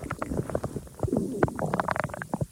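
Stomach rumbling (borborygmi) from an adult abdomen, heard with the microphone held close: irregular gurgling and bubbling rumbles, suspected to follow eating a green pepper.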